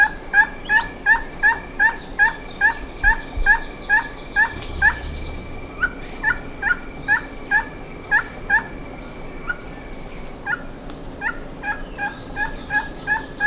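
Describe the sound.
Bird uttering quick, sharp notes in a long, even series about two or three per second, with a faint steady tone and brief high sweeps.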